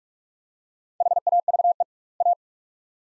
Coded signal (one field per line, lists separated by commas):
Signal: Morse code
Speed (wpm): 48 wpm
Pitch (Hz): 700 Hz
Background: none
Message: HAVE A